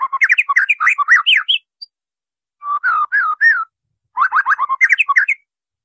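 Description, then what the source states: White-rumped shama song: rapid bursts of rich, fluty, up-and-down whistled notes in three phrases separated by short pauses. Murai batu masteran, a training recording for caged birds; 'Labaik' named.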